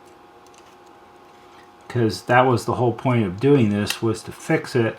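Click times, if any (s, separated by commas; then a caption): none. The nylon-tabbed retainer of a replacement clock-timer motor is being worked over the notched metal brackets on the back of the clock assembly from a NuTone Model 2542 radio intercom master station, taking care not to break the tabs. A faint low hum fills the first two seconds, then someone talks for the rest of the clip. The retainer has not snapped into place yet.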